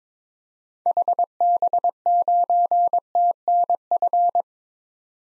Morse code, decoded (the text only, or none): HB9TNF